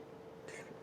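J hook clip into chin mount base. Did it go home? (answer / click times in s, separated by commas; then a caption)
yes / 0.5 s. A clip-type J hook is pressed into the plastic base of a camera chin mount over a steady low hum. A faint click at 0.5 s, with a brief burst of bright high-frequency noise, marks the hook locking into place.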